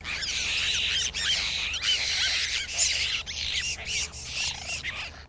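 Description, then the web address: Apostlebird group call: a dense, continuous chorus of harsh, scratchy chattering notes from several birds overlapping throughout, with brief dips in loudness. Group call given by several birds. "Sound Effects-Foundation. BIRD APOSTLE BIRD GROUP CALL"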